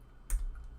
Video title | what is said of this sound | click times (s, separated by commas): Design Team STEM STEAM Engine | that part in right there you hear the click | 0.3 s